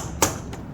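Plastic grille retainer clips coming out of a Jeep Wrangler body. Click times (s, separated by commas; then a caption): 0.2 s, 0.5 s. Plastic retainer clips pop out of a Jeep Wrangler body as the loosened plastic front grille is pulled back at the bottom. A sharp snap sounds at 0.2 s, followed by a fainter snap at 0.5 s. The grille clips are released.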